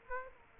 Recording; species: mosquito wingbeat signal from an infrared sensor; Aedes aegypti